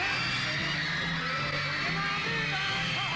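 A dense, unbroken wall of high-pitched screaming from a huge crowd of teenage girls, loud and steady throughout, with a faint band playing almost buried beneath it.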